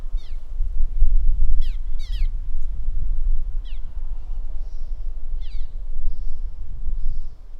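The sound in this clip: Swallow calls: short, sharp downward-sweeping chirps given singly and in quick pairs, about five over several seconds, over a heavy low rumble of background noise.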